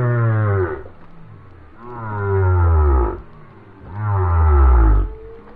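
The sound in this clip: Whale song as three deep, rough groans about two seconds apart, each loud and harmonic with a falling tail, separated by quieter rumbling.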